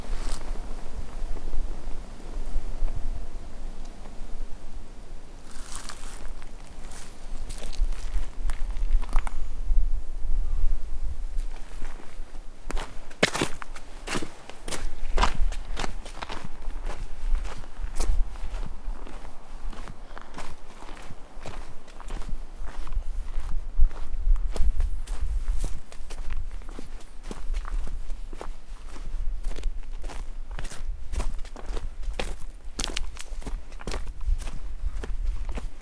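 Footsteps crunch steadily along an outdoor walking path, sharp, coming in quick irregular bursts that grow denser after the first few seconds. A low wind-like rumble runs underneath throughout, with a faint soft hum fading away at the start.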